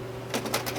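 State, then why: Not seated. A duplex unit is handled at the rear of an HP Officejet Pro 8100 ePrinter inkjet printer, over a steady low hum. Short broadband scraping and knocking bursts come through, the loudest at about 0.5 s. The unit has not clicked or seated yet.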